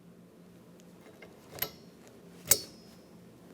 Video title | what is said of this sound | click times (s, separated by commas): How to Replace Wiper Blades 2009-2019 Ford Flex | listen for a click | 2.5 s